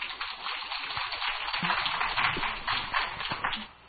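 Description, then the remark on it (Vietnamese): An audience at a Buddhist gathering claps steadily for several seconds for the children who arranged the hall and altar, a dense, crackling patter of many hands at an even loudness that fades out toward the end. “Thì một lần nữa xin quý vị một tràng pháo tay cho tất cả các em trong nhóm Mắt Thương Nhìn Đời, và xin quý vị một tràng pháo tay cho các em trưng bày cái hội trường và bàn thờ hôm nay.”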